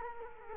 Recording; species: mosquito wingbeat signal from an infrared sensor; Culex quinquefasciatus